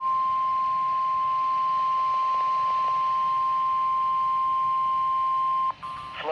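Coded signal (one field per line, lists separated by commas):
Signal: Emergency Alert System (SAME) tones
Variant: 1050 Hz attention tone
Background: speech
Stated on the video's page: EAS alerts including a severe thunderstorm watch, recorded from NOAA Weather Radio.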